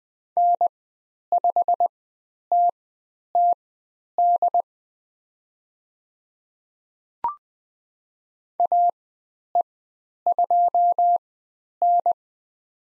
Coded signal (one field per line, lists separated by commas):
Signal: Morse code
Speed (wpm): 20 wpm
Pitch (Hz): 700 Hz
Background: none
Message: N5TTD AE2N